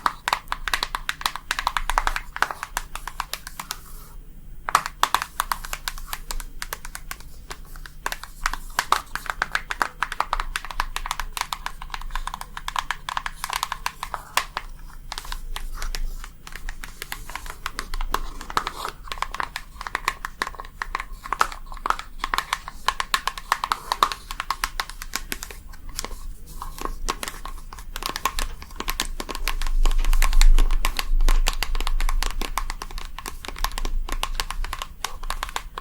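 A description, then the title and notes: Dense tapping of long nails on hard surfaces runs throughout, a quick irregular patter of crisp, bright clicks with scratchy, crinkly textures mixed in. Brief near-silent pauses fall around 4 and 26 seconds, and a low rumble swells near 30 seconds. ASMR Relaxing Tapping for the BEST Sleep & Tingles long nails + no talking.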